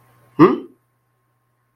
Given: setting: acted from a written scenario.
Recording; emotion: vocal sound without words; negative surprise